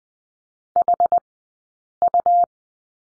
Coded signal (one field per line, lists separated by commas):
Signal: Morse code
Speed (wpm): 20 wpm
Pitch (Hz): 700 Hz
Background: none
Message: HU